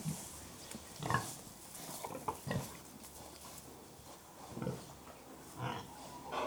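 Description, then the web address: Pig giving sparse, low, rough grunts separated by quiet gaps of a second or more. Pigs grunting; livestock. "The BBC Sound Effects Library Livestock Pigs Grunting"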